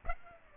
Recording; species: mosquito wingbeat signal from an infrared sensor; Aedes aegypti